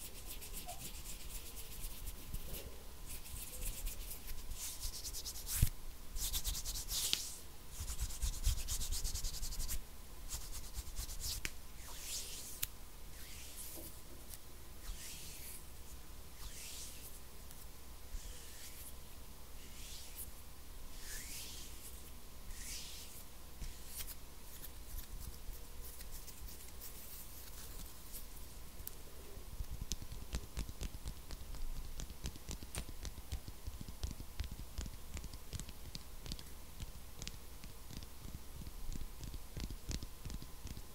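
Intense hand sounds: palms rubbing and brushing together in quick, bright strokes, busiest and loudest in the first half with repeated swipes about every second. Later the rubbing turns softer and finer, a dense scratchy patter over a steady low hum.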